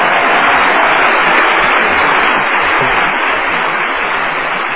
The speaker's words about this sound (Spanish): Un aplauso para el pueblo japonés que ya se está levantando. Se va a levantar.